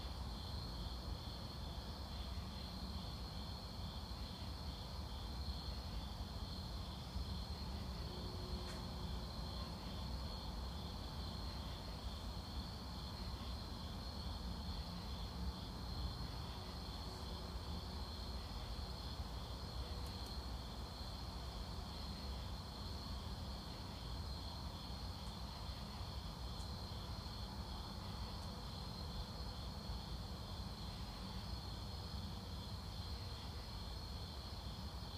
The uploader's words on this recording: ASMR Insects at Night.